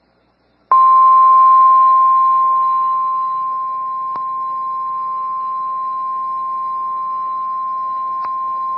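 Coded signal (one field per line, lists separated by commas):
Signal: Emergency Alert System (SAME) tones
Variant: 1050 Hz attention tone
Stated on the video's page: Real severe thunderstorm warning EAS tones for Hansford and Ochiltree Counties, TX.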